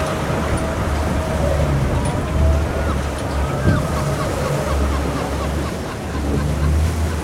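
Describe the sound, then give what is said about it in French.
Rough, churning, extremely agitated sea water surges and splashes steadily around a boat, with a deep low rumble like the boat's engine running underneath and gusty wind noise throughout. “Oui, après, vu la mer, l'état de la mer, c'est quand même extrêmement agité.”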